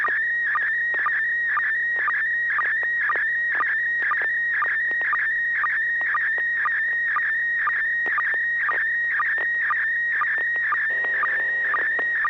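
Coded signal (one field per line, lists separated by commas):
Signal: SSTV (slow-scan television)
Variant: PD120 mode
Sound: warbling whistle-like tone with steady ticking sync blips about twice a second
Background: low steady hum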